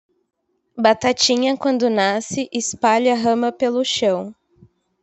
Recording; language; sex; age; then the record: short text; Brazilian Portuguese; female; 20 to 29 years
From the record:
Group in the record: control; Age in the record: 22 years